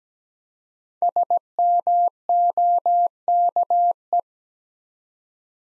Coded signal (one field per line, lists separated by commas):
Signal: Morse code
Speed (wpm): 17 wpm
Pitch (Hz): 700 Hz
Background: none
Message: SMOKE